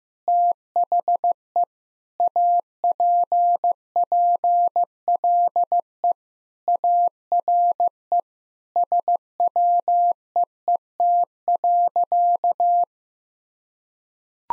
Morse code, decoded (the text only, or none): THE APPLE ARE SWEET.